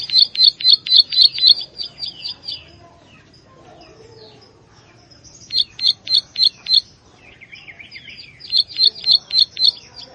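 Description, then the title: Plain Prinia song: runs of fast, evenly spaced high ticks, paused twice by softer twittering before the ticking resumes. "Ciblek Sawah"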